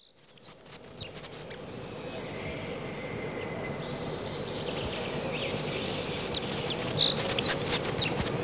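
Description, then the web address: Dunnock: small bird giving a quick high twittering warble, then again louder near the end, over a steady broad background rush of noise. Spring. "vremena vesna zavirushka lesnaja"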